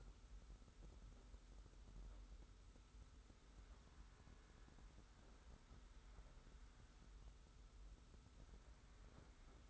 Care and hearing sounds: daily activity, microphone in the room; wipe stove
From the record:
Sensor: 3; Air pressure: 991.4 hPa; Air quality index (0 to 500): 149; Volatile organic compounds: 487 ppm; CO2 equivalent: 4802 ppm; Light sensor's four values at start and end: 50/138/56/49 and 50/138/56/49

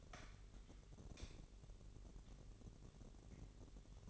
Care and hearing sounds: daily activity, microphone in the room; light on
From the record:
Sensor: 4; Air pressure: 1012.7 hPa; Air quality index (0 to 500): 246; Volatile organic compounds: 4 ppm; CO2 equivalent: 1680 ppm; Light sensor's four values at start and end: 15/33/14/14 and 17/43/17/18

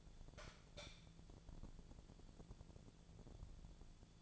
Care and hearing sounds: daily activity, microphone in the room; light on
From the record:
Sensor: 5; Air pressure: 1000.1 hPa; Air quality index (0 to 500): 100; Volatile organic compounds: 1 ppm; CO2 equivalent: 813 ppm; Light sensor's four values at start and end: 253/602/258/287 and 256/610/261/290

